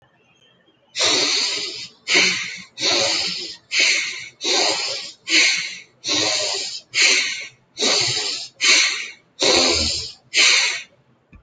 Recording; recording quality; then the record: shallow breathing; excellent, no background noise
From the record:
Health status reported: healthy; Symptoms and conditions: none ticked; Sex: male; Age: 28 years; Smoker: not ticked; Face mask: not worn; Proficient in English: yes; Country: India